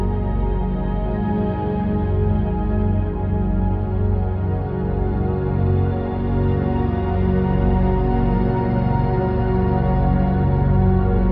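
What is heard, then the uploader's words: A steady ambient drone at 741Hz, dense with sustained layered tones, warm low hum beneath and soft shimmering overtones, unchanging throughout. Deep Sleep Meditation Ambient 741Hz.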